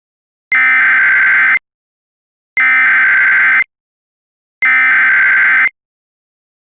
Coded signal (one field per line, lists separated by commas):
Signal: Emergency Alert System (SAME) tones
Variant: header bursts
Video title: EAS Scenario - An Electrifying Escapade